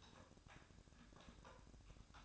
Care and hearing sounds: daily activity, microphone in the room; typing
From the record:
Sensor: 2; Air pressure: 1007.5 hPa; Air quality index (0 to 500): 43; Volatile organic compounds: 1 ppm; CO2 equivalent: 549 ppm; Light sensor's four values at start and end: 9/22/9/10 and 9/22/9/10

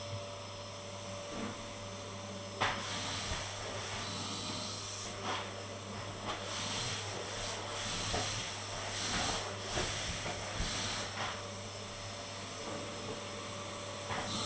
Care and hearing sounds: daily activity, microphone in the room; vacuum cleaning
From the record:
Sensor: 4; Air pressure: 1000.9 hPa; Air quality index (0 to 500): 138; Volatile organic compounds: 2 ppm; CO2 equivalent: 1024 ppm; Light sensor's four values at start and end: 28/66/28/29 and 27/64/27/29

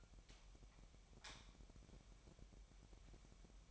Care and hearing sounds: daily activity, microphone in the room; light on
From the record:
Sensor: 1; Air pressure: 1012.0 hPa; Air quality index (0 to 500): 232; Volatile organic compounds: 6 ppm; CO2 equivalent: 1852 ppm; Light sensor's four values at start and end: 12/29/12/14 and 15/42/17/18

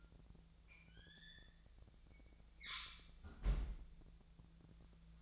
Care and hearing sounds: daily activity, microphone in the room; close fridge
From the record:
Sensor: 3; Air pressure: 1009.6 hPa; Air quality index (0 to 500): 194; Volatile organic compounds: 16 ppm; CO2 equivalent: 2526 ppm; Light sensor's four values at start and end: 34/86/37/39 and 35/86/37/39

